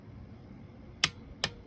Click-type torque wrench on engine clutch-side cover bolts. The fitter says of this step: there's a click